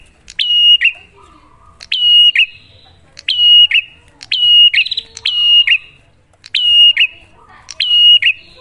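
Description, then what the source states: Bar-winged prinia repeating shrill, clipped whistled phrases at uneven intervals, a short buzzy trill joining one phrase, soft low rumble in the background. Duet lure recording of clear-voiced, lively prinia song, made to get caged birds singing.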